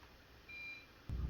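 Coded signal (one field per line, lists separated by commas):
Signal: beep code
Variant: ceiling fan remote receiver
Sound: one short high beep, then a low thud at the end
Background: room hum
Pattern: 1 short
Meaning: One beep confirms the fan timer set to 1 hour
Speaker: here we have your fan timer one beep for 1 hour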